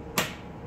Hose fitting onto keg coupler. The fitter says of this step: Move it up, you will hear a click.